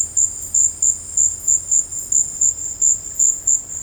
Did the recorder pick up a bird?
no